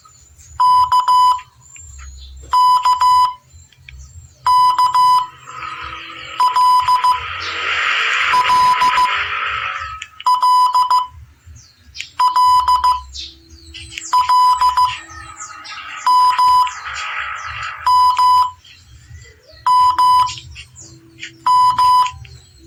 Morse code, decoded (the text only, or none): K K K L L L L L M M M M